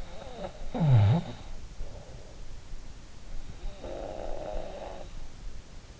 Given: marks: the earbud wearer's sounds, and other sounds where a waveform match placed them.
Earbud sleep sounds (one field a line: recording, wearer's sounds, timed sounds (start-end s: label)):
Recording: sounds in sleep by an in-ear microphone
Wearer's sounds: snoring breath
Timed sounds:
0.00-1.93 s: snoring breath
3.08-5.65 s: snoring breath